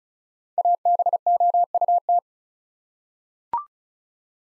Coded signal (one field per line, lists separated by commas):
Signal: Morse code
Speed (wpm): 36 wpm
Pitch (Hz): 700 Hz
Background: none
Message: ABOUT